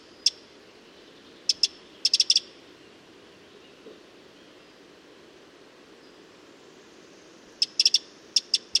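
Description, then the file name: Eurasian wren making several hard ticks, a cluster early, then a long quiet gap before another run of ticks at the end. "Troglodytes troglodytes"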